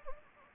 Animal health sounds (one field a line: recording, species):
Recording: mosquito wingbeat signal from an infrared sensor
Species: Anopheles gambiae